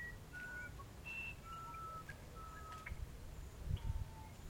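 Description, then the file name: Musician wren whistling: level, flute-like notes that step between pitches, over a low hum. "uirapuru"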